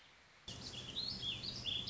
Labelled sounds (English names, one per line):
Warbling Vireo